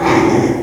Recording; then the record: squeal of a Yucatan mini pig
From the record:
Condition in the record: after surgery on the right vocal fold (resection and tissue-engineered implant); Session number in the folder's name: 4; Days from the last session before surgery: 42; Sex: male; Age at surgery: 12 weeks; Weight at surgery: 13 kg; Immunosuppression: cyclosporine, prednisolone